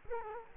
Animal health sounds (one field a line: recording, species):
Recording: mosquito wingbeat signal from an infrared sensor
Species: Culex quinquefasciatus